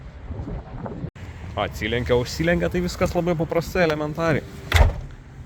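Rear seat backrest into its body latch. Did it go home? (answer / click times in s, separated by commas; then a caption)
yes / 4.7 s. A folded rear seat backrest in an Audi A6 C5 is raised and pushed back into its body latch while someone talks. A loud slam-like hit at 4.7 s marks the backrest locking upright in place.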